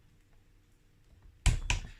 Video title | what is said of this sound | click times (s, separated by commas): Honda qr50 cc restoration/ rebuild. how to fit the clutch pt5 1983 | hear the wrench clicking it. | 1.5 s, 1.7 s